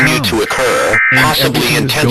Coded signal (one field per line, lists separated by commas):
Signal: Emergency Alert System (SAME) tones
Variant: end-of-message bursts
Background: speech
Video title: USA EAS Alarm Quadparsion 4 (Final)